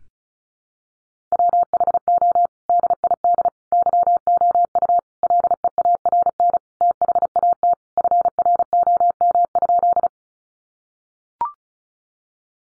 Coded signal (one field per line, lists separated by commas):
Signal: Morse code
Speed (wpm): 34 wpm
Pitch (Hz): 700 Hz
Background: none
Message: WHO DID YOU LEARN THAT FROM?